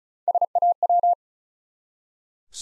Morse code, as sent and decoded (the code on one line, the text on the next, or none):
... .- .--
SAW